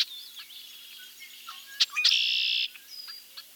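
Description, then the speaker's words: Red-winged Blackbird song and calls: sharp short notes and thin whistles, then a loud buzzy trill lasting about half a second, followed by a faint high whistle and clicks. Medley of vocalizations; the male's most familiar phrase is a distinctive "conkeree", with a chuck note and a high-pitched "sear, sear" also given. "let's hear a medley of red-winged blackbird vocalization."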